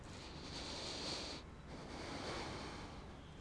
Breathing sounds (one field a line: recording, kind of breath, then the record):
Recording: one breath in and out by a microphone near the nose and mouth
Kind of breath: deep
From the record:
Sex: male